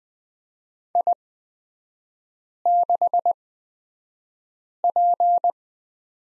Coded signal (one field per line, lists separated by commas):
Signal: Morse code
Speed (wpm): 20 wpm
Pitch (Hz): 700 Hz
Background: none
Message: I6P